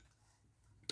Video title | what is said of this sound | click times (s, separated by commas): Unboxing Iron Studio's Indiana Jones Deluxe Statue | Ah, he does. And he just snapped right in there. | 0.9 s